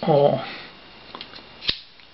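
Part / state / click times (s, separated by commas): saw blade into second lock position of folding handle / seated / 1.7 s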